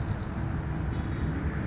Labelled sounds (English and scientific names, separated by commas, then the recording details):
California Towhee (Melozone crissalis)
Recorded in Sonoma County, California